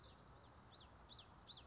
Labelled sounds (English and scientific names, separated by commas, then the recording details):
Common Yellowthroat (Geothlypis trichas)
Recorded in Sonoma County, California